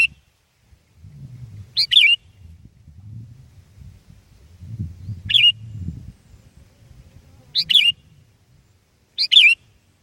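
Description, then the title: Sooty-headed bulbul singing several short bubbly phrases, each a bright note rolling into a warble, at uneven intervals over soft low rumbling noise. "kutilang"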